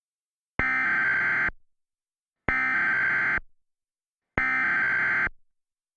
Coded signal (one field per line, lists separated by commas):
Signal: Emergency Alert System (SAME) tones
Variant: header bursts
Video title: Christmas Special EAS Mock